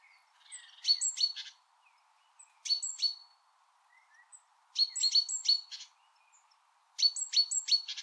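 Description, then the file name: Great tit calls: clusters of high, sharp, down-stepping notes repeated in bursts of two to four, with quiet gaps between groups. "Parus major"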